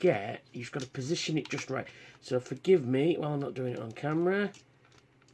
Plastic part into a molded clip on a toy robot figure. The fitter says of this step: we go didn't click in anyway it just kind of sits there a bit